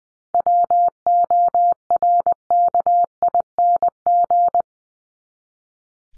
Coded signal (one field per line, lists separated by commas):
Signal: Morse code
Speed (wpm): 20 wpm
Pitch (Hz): 700 Hz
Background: none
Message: WORKING